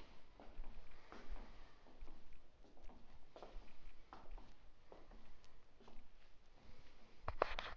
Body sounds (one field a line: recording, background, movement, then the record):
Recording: deep breathing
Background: quiet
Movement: walking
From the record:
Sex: female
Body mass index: 21.8 kg/m2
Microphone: on the chest, facing outward